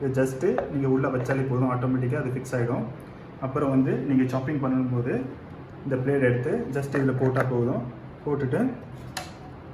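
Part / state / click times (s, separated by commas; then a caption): food processor bowl/lid onto jar locking system / not seated / none. A Preethi Cosmo food processor is being handled, with the blade going onto the spindle in the bowl and the bowl/lid to be placed onto the jar's locking system, while someone talks throughout. A short sharp transient is heard at about 9.2 s. Nothing has seated or locked into place yet.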